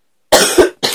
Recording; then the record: coughing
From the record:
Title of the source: 30 Chesty and wet cough